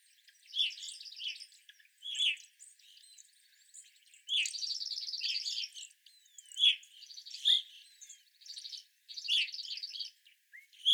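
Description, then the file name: Evening grosbeaks giving short, burry chirps in scattered bursts, mixed with buzzy, rattling trills and brief gaps of quiet between clusters. Several evening grosbeaks, recorded on 25 April 2021. "2021-04-25 Evening Grosbeaks"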